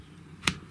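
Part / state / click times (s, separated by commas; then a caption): plastic dust cover onto hair dryer body / seated / 0.5 s. A stiff plastic dust cover is twisted onto the rear intake of a GHD Air 1.0 hair dryer. A single sharp click at 0.5 s marks its channel riding over a small raised plastic bump and locking into place. The cover is seated.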